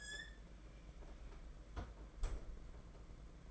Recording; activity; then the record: daily activity, microphone in the room; close fridge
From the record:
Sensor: 5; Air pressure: 992.0 hPa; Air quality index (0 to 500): 200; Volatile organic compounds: 1000 ppm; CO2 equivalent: 5765 ppm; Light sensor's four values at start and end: 29/97/36/38 and 29/99/36/38